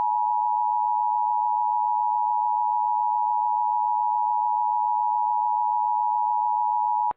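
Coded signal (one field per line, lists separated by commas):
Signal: Emergency Alert System (SAME) tones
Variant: 853 and 960 Hz attention tone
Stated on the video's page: Mock EAS evacuation alert on a custom KSL screen template, stated to contain fully valid EAS tones.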